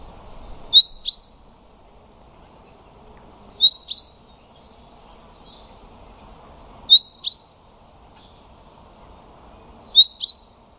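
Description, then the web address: Common chaffinch giving paired sharp 'pink' notes, a doubled call repeated about every three seconds, over a soft low hum. "Deverinetal 2025"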